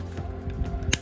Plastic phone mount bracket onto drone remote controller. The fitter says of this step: but that's a good thing okay you don't want to lose but as you can hear that click it's very tight there